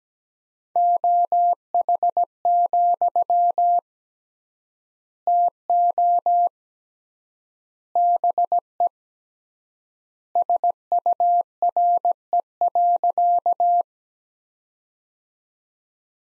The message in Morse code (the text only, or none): OH, TO BE SURE.